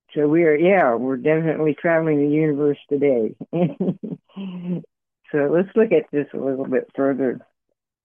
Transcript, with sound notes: So we are, yeah, we're definitely traveling the universe today. (laughs) So let's look at this a little bit further.